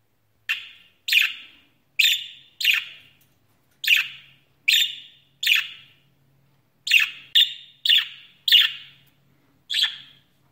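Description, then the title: Budgerigar giving sharp chirping calls, single or in quick pairs, with short gaps between, over a faint steady low hum. "Budgie Sounds"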